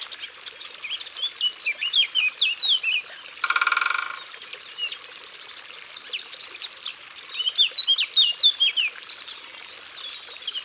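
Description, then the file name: Great spotted woodpecker drums once in a quick rattling burst while numerous small birds chirp and warble at high pitch all around. Recorded in Ardèche, France. "Pic Epeiche Concerts Naturels De l Ardeche"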